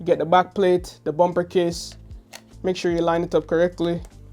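Someone talks while a plastic back plate is lined up with a RhinoShield bumper-style phone case for the iPhone 12/12 Pro/12 Mini, ready to be pressed in. Only speech is heard, and the back plate has not seated or clicked into the bumper yet.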